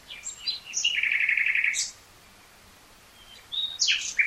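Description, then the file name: Common nightingale song: a rapid rattling trill after a few soft notes, a long pause, then sharp whistled notes. "Luscinia megarhynchos"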